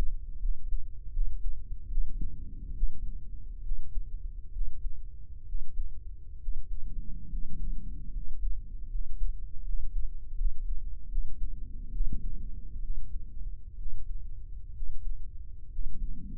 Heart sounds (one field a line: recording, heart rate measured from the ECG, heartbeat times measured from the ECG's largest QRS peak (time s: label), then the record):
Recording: heart sounds by microphone in the right ear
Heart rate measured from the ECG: 71 bpm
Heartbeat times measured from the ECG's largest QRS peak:
0.38 s: heartbeat
1.10 s: heartbeat
1.86 s: heartbeat
2.72 s: heartbeat
3.60 s: heartbeat
4.50 s: heartbeat
5.43 s: heartbeat
6.37 s: heartbeat
7.27 s: heartbeat
8.10 s: heartbeat
8.88 s: heartbeat
9.62 s: heartbeat
10.34 s: heartbeat
11.07 s: heartbeat
11.89 s: heartbeat
12.79 s: heartbeat
13.75 s: heartbeat
14.71 s: heartbeat
15.68 s: heartbeat
From the record:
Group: healthy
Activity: cold pressor test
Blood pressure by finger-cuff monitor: 136/82 mmHg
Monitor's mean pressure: 99 mmHg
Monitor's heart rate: 72 bpm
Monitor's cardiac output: 7.6 L/min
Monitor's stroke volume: 106 mL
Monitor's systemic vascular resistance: 920 dyn s/cm5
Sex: male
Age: 23 years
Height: 178 cm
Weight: 96.6 kg